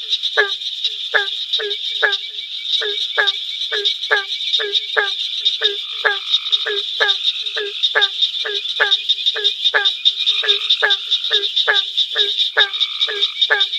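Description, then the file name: Barking treefrog calls, short resonant barks repeated quickly, set against a steady shrill buzzing background. "Hyla gratiosa call"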